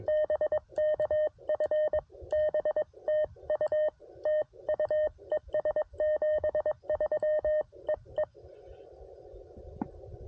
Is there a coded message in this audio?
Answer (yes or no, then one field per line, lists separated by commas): yes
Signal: Morse code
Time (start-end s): 0.1-8.2 s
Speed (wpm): 21 wpm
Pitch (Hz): 610 Hz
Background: none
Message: BK FB TU TU ES 73 EE